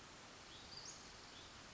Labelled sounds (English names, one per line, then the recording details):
Western Flycatcher
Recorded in Sonoma County, California